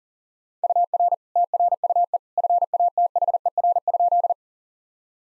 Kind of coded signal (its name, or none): Morse code